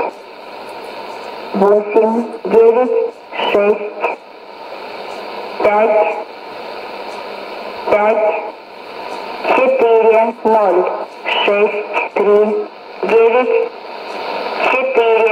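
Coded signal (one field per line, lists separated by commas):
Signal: numbers station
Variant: S06s, Russian female voice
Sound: woman's voice reading short spoken numbers at even intervals over shortwave hiss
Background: radio static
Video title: 10 05 2017 Numbers station S06s Russian Lady in Russian to Eu 0824 on 9485 unknown tx site in CUSB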